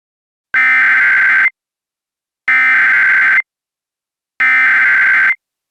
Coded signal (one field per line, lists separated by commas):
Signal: Emergency Alert System (SAME) tones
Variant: header bursts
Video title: EAS Scenario - Angga Daffa